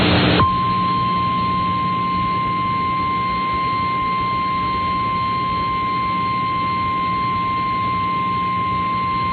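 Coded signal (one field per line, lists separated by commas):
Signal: Emergency Alert System (SAME) tones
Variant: 1050 Hz attention tone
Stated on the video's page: Valid EAS tones.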